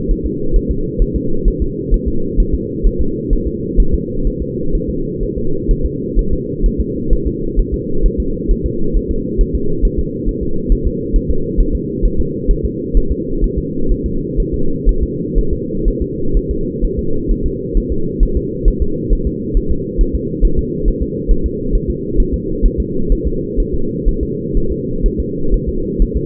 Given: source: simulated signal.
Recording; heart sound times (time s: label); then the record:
fetal heart sounds
0.11 s: S1
0.26 s: S2
0.56 s: S1
0.71 s: S2
1.02 s: S1
1.16 s: S2
1.48 s: S1
1.62 s: S2
1.94 s: S1
2.08 s: S2
2.40 s: S1
2.54 s: S2
2.86 s: S1
3.01 s: S2
3.33 s: S1
3.47 s: S2
3.80 s: S1
3.94 s: S2
4.27 s: S1
4.42 s: S2
4.75 s: S1
4.89 s: S2
5.23 s: S1
5.38 s: S2
5.71 s: S1
5.85 s: S2
6.19 s: S1
6.33 s: S2
6.66 s: S1
6.80 s: S2
7.13 s: S1
7.27 s: S2
7.59 s: S1
7.74 s: S2
8.06 s: S1
8.20 s: S2
8.51 s: S1
8.66 s: S2
8.97 s: S1
9.11 s: S2
9.41 s: S1
9.55 s: S2
9.85 s: S1
9.99 s: S2
10.29 s: S1
10.43 s: S2
10.72 s: S1
10.87 s: S2
11.16 s: S1
11.30 s: S2
11.60 s: S1
11.75 s: S2
12.05 s: S1
12.20 s: S2
12.51 s: S1
12.65 s: S2
12.97 s: S1
13.11 s: S2
13.44 s: S1
13.58 s: S2
13.91 s: S1
14.06 s: S2
14.40 s: S1
14.54 s: S2
14.89 s: S1
15.03 s: S2
15.38 s: S1
15.53 s: S2
15.88 s: S1
16.02 s: S2
16.37 s: S1
16.51 s: S2
16.85 s: S1
16.99 s: S2
17.31 s: S1
17.46 s: S2
17.77 s: S1
17.92 s: S2
18.23 s: S1
18.37 s: S2
18.68 s: S1
18.82 s: S2
19.13 s: S1
19.27 s: S2
19.57 s: S1
19.71 s: S2
20.01 s: S1
20.15 s: S2
20.45 s: S1
20.59 s: S2
20.88 s: S1
21.02 s: S2
21.31 s: S1
21.46 s: S2
21.75 s: S1
21.90 s: S2
22.20 s: S1
22.34 s: S2
22.66 s: S1
22.80 s: S2
23.12 s: S1
23.27 s: S2
23.60 s: S1
23.74 s: S2
24.08 s: S1
24.23 s: S2
24.57 s: S1
24.72 s: S2
25.06 s: S1
25.20 s: S2
25.54 s: S1
25.69 s: S2
26.02 s: S1
26.17 s: S2
From the record:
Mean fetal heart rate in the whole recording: 130 bpm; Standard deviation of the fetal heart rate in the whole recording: 4 bpm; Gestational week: 38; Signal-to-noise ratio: -8.1 dB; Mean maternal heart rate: 72 bpm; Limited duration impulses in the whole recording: absent